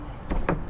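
A rubber T-handle latch on one side of a truck hood is fastened onto the hood/cowl catch during an inspection. Over a low steady rumble, a soft thud at 0.3 s leads into a sharp snap at 0.5 s as the latch hooks closed and seats.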